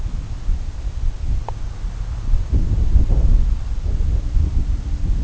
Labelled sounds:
none
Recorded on Arctic tundra, site CORI-1, on 20 June 2018
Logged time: 20:00

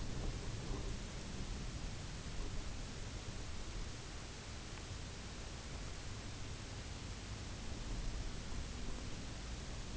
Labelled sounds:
none
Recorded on Arctic tundra, site UTQI-0, on 17 June 2019
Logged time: 22:00

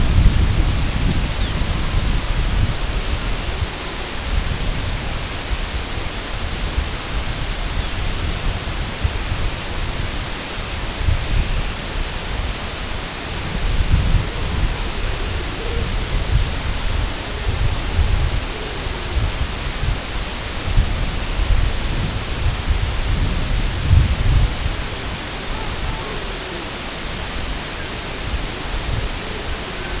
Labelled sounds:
Lapland Longspur
Dunlin
Long-tailed Duck
unidentified sound
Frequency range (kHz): Lapland Longspur 2.7-4.4 kHz; Dunlin 1.8-3.8 kHz; Long-tailed Duck 0.1-1.9 kHz
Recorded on Arctic tundra, site IGLO-A, on 22 June 2018
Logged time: 05:59

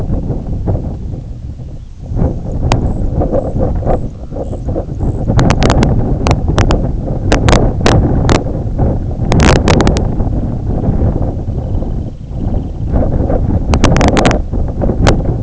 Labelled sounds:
unidentified sound
White-rumped Sandpiper
Semipalmated Sandpiper
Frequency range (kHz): Semipalmated Sandpiper 2.4-3.8 kHz
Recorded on Arctic tundra, site IGLO-A, on 18 June 2018
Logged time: 11:59

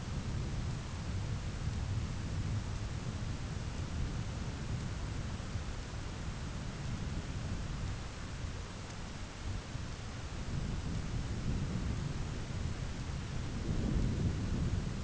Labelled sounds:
none
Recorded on Arctic tundra, site ZACK-1, on 11 June 2019
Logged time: 11:49

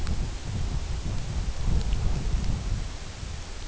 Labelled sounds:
none
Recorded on Arctic tundra, site UTQI-2, on 17 June 2019
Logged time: 08:00

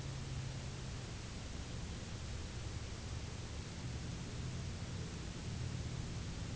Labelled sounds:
none
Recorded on Arctic tundra, site UTQI-0, on 11 June 2019
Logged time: 04:00

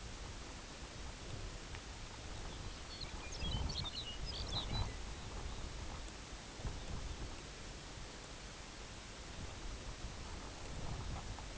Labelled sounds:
Lapland Longspur
unidentified sound
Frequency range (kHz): Lapland Longspur 1.7-5.7 kHz
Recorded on Arctic tundra, site UTQI-5, on 18 June 2019
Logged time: 20:00

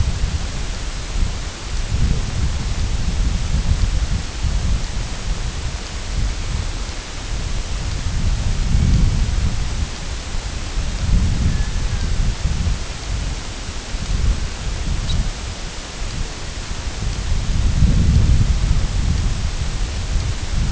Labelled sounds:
unidentified sound
Red-throated Loon
White-rumped Sandpiper
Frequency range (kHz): White-rumped Sandpiper 3.2-6.8 kHz
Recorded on Arctic tundra, site IGLO-F, on 22 June 2018
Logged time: 02:00

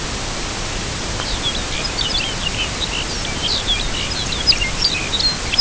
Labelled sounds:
Lapland Longspur
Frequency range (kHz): Lapland Longspur 1.6-6.5 kHz
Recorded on Arctic tundra, site UTQI-0, on 13 June 2019
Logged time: 00:00

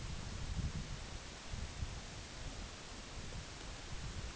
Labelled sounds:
none
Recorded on Arctic tundra, site UTQI-8, on 10 June 2019
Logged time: 14:00

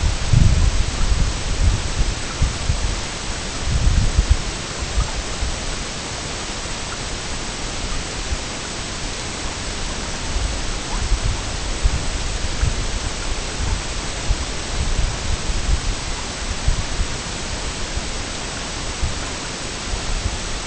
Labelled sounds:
none
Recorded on Arctic tundra, site EABA-MC, on 22 June 2019
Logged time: 00:00

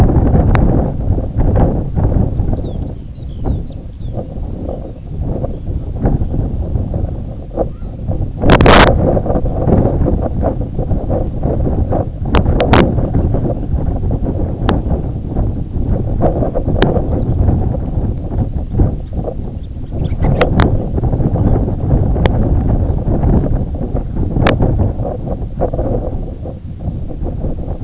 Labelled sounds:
Lapland Longspur
unidentified sound
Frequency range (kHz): Lapland Longspur 2.3-5.4 kHz
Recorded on Arctic tundra, site IGLO-A, on 18 June 2018
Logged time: 11:59

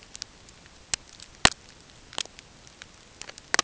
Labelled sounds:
none
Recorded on Arctic tundra, site NAIT-1, on 20 June 2018
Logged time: 05:00

